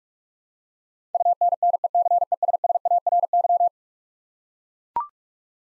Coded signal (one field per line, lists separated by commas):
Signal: Morse code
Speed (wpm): 44 wpm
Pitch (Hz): 700 Hz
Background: none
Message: UNNECESSARY